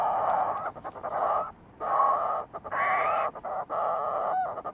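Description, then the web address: Fulmar prion giving throaty, drawn-out harmonic calls in about four bursts, separated by short gaps and broken by fast stuttering notes. "sound fulmar-prion. صدای-پرنده-پریان-بدبو"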